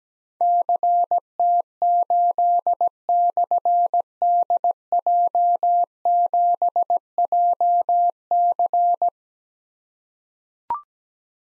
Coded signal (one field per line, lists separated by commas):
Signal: Morse code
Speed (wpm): 17 wpm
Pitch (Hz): 700 Hz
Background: none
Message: CT8/DJ7JC